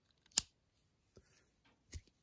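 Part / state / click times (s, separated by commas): knife blade locking against the back spring in the handle / seated / 0.4 s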